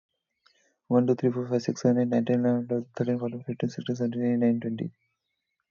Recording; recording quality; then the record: counting at a fast pace; moderate, slight background noise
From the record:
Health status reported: healthy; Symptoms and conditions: none ticked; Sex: male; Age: 29 years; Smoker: not ticked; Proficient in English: yes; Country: India